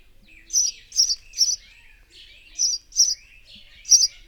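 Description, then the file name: House sparrow giving a run of three sharp chirps, a short gap, then three more. "Passer domesticus"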